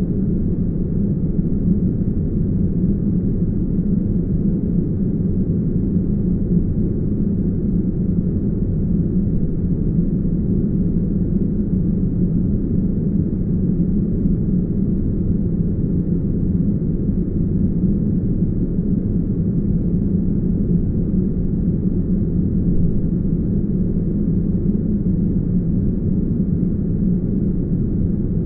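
Steady, uninterrupted brown noise, a deep dense rumble concentrated in the lows with a muffled top, unchanging in level throughout.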